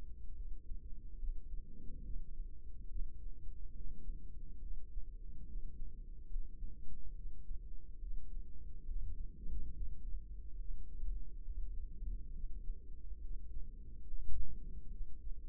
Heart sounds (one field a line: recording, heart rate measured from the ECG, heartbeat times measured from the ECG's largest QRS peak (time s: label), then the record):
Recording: heart sounds by microphone in the right ear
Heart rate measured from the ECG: 70 bpm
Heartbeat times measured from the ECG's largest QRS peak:
0.33 s: heartbeat
1.17 s: heartbeat
2.01 s: heartbeat
2.88 s: heartbeat
3.72 s: heartbeat
4.59 s: heartbeat
5.44 s: heartbeat
6.28 s: heartbeat
7.13 s: heartbeat
7.99 s: heartbeat
8.84 s: heartbeat
9.71 s: heartbeat
10.56 s: heartbeat
11.43 s: heartbeat
12.32 s: heartbeat
13.18 s: heartbeat
14.04 s: heartbeat
14.88 s: heartbeat
From the record:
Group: healthy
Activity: rest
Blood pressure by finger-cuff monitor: 96/73 mmHg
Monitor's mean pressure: 81 mmHg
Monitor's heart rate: 71 bpm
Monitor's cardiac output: 4.9 L/min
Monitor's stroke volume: 69 mL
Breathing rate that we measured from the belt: 24 breaths a minute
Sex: female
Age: 32 years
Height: 172 cm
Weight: 71.7 kg